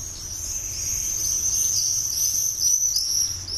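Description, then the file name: Common swift screams, continuous shrill high trills overlapping throughout. "Mauersegler"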